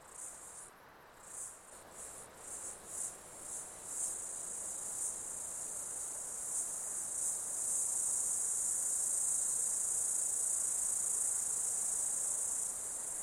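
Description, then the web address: Insects calling in a high buzzing chorus, opening with short pulsed bursts that merge into a steady continuous shrill drone. Insects calling during an Australian summer. "Foundation 1 AMBIENCE AUSTRALIAN SUMMER INSECTS"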